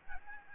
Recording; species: mosquito wingbeat signal from an infrared sensor; Aedes albopictus